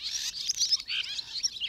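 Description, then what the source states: Swallows twittering in quick high chirps and warbled notes. Swallows dart and sail overhead through spring and summer.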